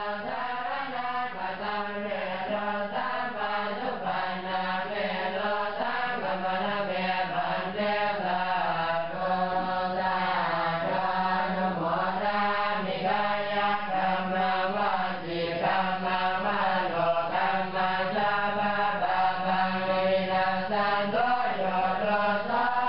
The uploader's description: Chanting monks at evening prayer in Luang Prabang, Laos.